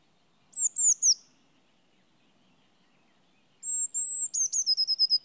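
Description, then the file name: Eurasian blue tit calling: three high, sharp descending notes, then after a pause a thin sustained whistle running into a fast series of short repeated notes. "Cyanistes caeruleus"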